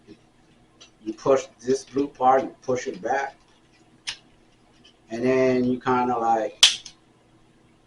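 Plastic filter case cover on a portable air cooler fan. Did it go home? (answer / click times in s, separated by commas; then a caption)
released / 6.9 s. Someone talks while pushing a blue part back to unclip the plastic filter case cover on a portable car air cooling fan, which is only clipped on, not screwed or glued. A short, sharp click is heard at 6.9 s as the cover pops open and is released.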